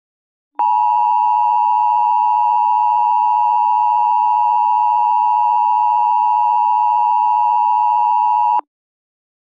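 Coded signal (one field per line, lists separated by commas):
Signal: Emergency Alert System (SAME) tones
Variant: 853 and 960 Hz attention tone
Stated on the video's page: Fictional EAS scenario about an Alaska blizzard; tones are valid and can activate EAS systems.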